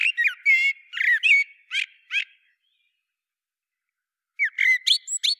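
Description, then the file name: Common blackbird giving a burst of squawky, harmonic phrases around mid pitch with a few high twittering notes, then a pause and a second short burst of clucks and squeaks. "Turdus merula"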